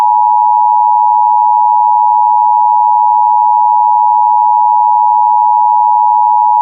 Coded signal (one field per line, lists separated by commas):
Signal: Emergency Alert System (SAME) tones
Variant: 853 and 960 Hz attention tone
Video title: Emergency Alert System - Flash Flood Warning - 9/27/2024 7:15am